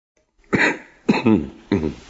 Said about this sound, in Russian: Странно. Почему мне так знаком этот кашель? Почему? Да ведь это она сама так кашляла, когда ей бывало грустно.